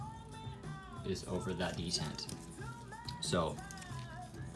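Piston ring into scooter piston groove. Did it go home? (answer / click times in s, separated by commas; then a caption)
no / none. A steel piston ring is spread by hand onto a scooter piston, with its end gap set over the groove detent, while someone talks over background music. The ring is being handled but has not seated or clicked into its groove yet.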